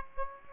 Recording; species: mosquito wingbeat signal from an infrared sensor; Aedes aegypti